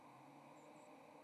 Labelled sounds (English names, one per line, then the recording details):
White-throated Sparrow flight call
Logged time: 08:14 on 30 October 2014